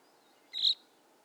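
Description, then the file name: Common chaffinch giving a single short, bright call note, high-pitched and slightly buzzy, over quiet background hiss. "Fringilla coelebs"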